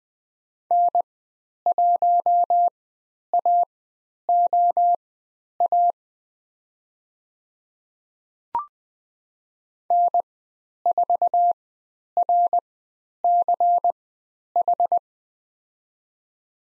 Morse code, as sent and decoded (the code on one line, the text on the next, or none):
-. .---- .- --- .- / -. ....- .-. -.-. ....
N1AOA N4RCH